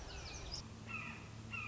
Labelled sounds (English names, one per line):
Red-shouldered Hawk